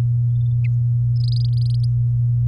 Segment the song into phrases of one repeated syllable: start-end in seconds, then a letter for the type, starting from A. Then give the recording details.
1.16-1.85 A. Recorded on 9 May 2018 at 14:58. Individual llb16